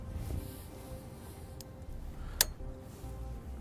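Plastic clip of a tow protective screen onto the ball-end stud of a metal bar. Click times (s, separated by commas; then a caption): 2.4 s. A plastic clip with a circular hole on a Roadmaster Tow Defender protective screen for towed vehicles, set up on a 2018 GMC Sierra 2500, is twisted to line up and pushed onto the ball fitting at the end of a metal bar on the screen mount. After a faint tick at 1.6 s, a sharp snap at 2.4 s marks the clip seating onto the ball stud.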